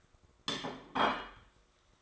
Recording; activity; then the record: daily activity, microphone in the room; place plate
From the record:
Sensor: 3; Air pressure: 1004.3 hPa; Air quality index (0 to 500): 196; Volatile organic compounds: 14 ppm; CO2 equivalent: 2461 ppm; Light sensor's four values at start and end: 4/11/4/4 and 3/8/3/3